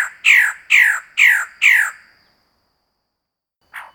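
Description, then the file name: Magnificent bird-of-paradise giving harsh, buzzy calls: five descending squawks about two per second, then a pause and one brief final note. "magnificent bird of paradise omkicau"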